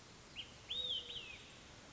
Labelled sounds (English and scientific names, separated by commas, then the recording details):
Olive-sided Flycatcher (Contopus cooperi)
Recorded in Sonoma County, California